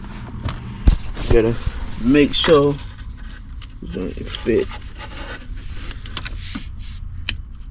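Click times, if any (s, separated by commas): 7.3 s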